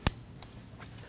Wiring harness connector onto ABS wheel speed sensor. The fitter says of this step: Wait for the click.